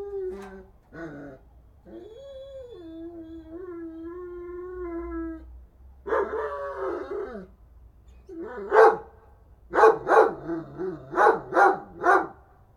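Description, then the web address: Dog yelps and gives a long wavering whine, then a drawn cry and a run of sharp barks toward the end. "Effects 02-Birds, Insects Animals. Animals dogs"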